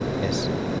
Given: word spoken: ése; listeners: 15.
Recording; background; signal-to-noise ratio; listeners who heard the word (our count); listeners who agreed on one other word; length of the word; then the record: one Spanish word in noise, from a listening test; speech-shaped noise; -5.1 dB; 1 of 15; 7 of 15; 0.40 s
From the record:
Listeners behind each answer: 7, 2, 2, 1, 1, 1, 1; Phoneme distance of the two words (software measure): 7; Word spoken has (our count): 2 syllables, 3 phonemes, stress on syllable 1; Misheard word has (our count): 1 syllable, 2 phonemes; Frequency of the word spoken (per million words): 32.59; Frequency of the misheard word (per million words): 6683.79